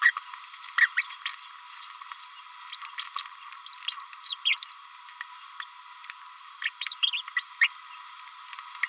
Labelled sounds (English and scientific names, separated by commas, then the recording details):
Green-rumped Parrotlet (Forpus passerinus) babbling
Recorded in a nest box in Venezuela
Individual 18B25A5